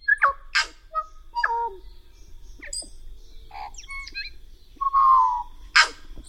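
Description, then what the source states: Tui song: an odd mix of clicks, short bell-like whistles, wheezy bursts and a drawn-out falling whistle, delivered in irregular bits with pauses between. A honeyeater from New Zealand with two voice boxes; nominated by listeners for coolest bird sound.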